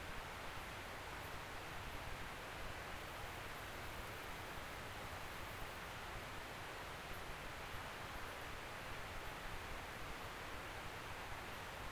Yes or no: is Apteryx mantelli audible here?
no